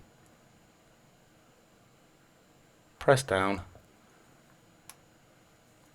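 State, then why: Seated. A small metal lid is pressed down by hand onto the mainspring barrel of an FHF 909 movement from a 1970s Sandoz watch. Someone talks briefly around 3.0–3.8 seconds over quiet background. A single short, sharp click at 4.9 seconds marks the lid snapping into place on the barrel.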